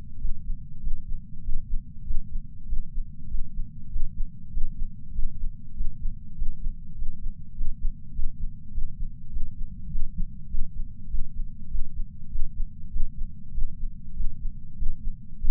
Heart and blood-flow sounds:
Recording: heart sounds by patch sensor on the chest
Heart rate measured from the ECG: 99 bpm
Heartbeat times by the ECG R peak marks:
0.17 s: heartbeat
0.80 s: heartbeat
1.42 s: heartbeat
2.03 s: heartbeat
2.65 s: heartbeat
3.27 s: heartbeat
3.89 s: heartbeat
4.50 s: heartbeat
5.11 s: heartbeat
5.73 s: heartbeat
6.34 s: heartbeat
6.94 s: heartbeat
7.53 s: heartbeat
8.12 s: heartbeat
8.71 s: heartbeat
9.29 s: heartbeat
9.88 s: heartbeat
10.47 s: heartbeat
11.07 s: heartbeat
11.67 s: heartbeat
12.28 s: heartbeat
12.89 s: heartbeat
13.51 s: heartbeat
14.13 s: heartbeat
14.75 s: heartbeat
15.37 s: heartbeat
From the record:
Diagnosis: coronary artery disease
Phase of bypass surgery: preoperative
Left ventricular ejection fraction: 69.2%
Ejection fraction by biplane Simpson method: 67.6%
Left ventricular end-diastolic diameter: 44 mm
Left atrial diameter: 34 mm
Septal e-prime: 8.5 cm/s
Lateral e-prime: 9.7 cm/s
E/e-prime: 11.5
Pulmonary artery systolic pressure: 27 mmHg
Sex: male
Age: 74 years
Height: 168 cm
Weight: 55 kg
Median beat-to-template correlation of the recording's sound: 0.94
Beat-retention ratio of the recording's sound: 0.99

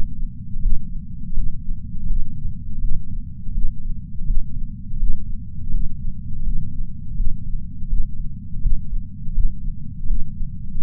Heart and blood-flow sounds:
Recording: heart sounds by patch sensor on the chest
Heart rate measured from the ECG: 82 bpm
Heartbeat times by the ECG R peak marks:
0.62 s: heartbeat
1.36 s: heartbeat
2.09 s: heartbeat
2.82 s: heartbeat
3.55 s: heartbeat
4.27 s: heartbeat
5.00 s: heartbeat
5.73 s: heartbeat
6.45 s: heartbeat
7.17 s: heartbeat
7.90 s: heartbeat
8.63 s: heartbeat
9.35 s: heartbeat
10.09 s: heartbeat
10.81 s: heartbeat
From the record:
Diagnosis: coronary artery disease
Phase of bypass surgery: postoperative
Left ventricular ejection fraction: 63%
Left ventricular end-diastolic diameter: 47 mm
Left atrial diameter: 42 mm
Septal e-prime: 6.9 cm/s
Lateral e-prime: 10.4 cm/s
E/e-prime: 10.3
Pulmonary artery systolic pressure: 20 mmHg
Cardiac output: 7.8 L/min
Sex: female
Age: 70 years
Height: 164 cm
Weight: 70 kg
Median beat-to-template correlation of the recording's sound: 0.88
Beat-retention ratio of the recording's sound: 1.00

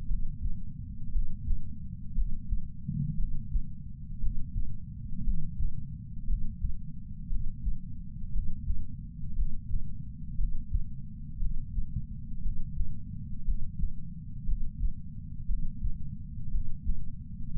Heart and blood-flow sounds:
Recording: heart sounds by patch sensor on the chest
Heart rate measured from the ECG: 58 bpm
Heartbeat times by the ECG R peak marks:
0.09 s: heartbeat
1.14 s: heartbeat
2.16 s: heartbeat
3.18 s: heartbeat
4.21 s: heartbeat
5.26 s: heartbeat
6.28 s: heartbeat
7.30 s: heartbeat
8.34 s: heartbeat
9.37 s: heartbeat
10.39 s: heartbeat
11.40 s: heartbeat
12.43 s: heartbeat
13.46 s: heartbeat
14.47 s: heartbeat
15.48 s: heartbeat
16.53 s: heartbeat
17.55 s: heartbeat
From the record:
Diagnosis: coronary artery disease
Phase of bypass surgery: preoperative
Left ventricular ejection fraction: 41.8%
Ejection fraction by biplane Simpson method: 39%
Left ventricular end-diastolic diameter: 62 mm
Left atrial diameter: 43 mm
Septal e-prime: 3 cm/s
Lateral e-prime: 8 cm/s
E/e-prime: 13.6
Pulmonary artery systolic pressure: 41 mmHg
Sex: male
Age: 69 years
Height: 165 cm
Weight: 60 kg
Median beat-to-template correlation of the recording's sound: 0.79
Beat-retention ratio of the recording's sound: 0.99

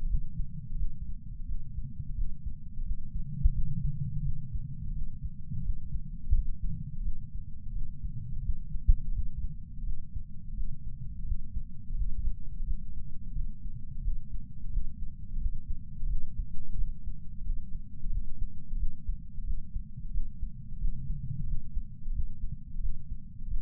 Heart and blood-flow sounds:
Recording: heart sounds by patch sensor on the chest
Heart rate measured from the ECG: 87 bpm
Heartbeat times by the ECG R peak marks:
0.07 s: heartbeat
0.76 s: heartbeat
1.46 s: heartbeat
2.15 s: heartbeat
2.83 s: heartbeat
3.52 s: heartbeat
4.23 s: heartbeat
4.93 s: heartbeat
5.62 s: heartbeat
6.32 s: heartbeat
7.02 s: heartbeat
7.73 s: heartbeat
8.42 s: heartbeat
9.12 s: heartbeat
9.84 s: heartbeat
10.54 s: heartbeat
11.25 s: heartbeat
11.95 s: heartbeat
12.64 s: heartbeat
13.33 s: heartbeat
14.02 s: heartbeat
14.70 s: heartbeat
15.38 s: heartbeat
16.07 s: heartbeat
16.75 s: heartbeat
17.43 s: heartbeat
18.10 s: heartbeat
18.77 s: heartbeat
19.44 s: heartbeat
20.11 s: heartbeat
20.78 s: heartbeat
21.45 s: heartbeat
22.12 s: heartbeat
22.80 s: heartbeat
23.48 s: heartbeat
From the record:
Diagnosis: coronary artery disease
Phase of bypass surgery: postoperative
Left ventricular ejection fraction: 48.9%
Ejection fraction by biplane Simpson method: 50.6%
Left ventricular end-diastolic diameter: 48 mm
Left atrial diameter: 31 mm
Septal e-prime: 7.6 cm/s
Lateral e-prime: 9.6 cm/s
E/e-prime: 6.6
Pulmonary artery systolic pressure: 23 mmHg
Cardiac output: 5.5 L/min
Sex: male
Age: 60 years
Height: 174 cm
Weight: 72 kg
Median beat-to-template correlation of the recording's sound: 0.83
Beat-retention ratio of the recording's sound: 0.99

